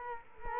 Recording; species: mosquito wingbeat signal from an infrared sensor; Culex quinquefasciatus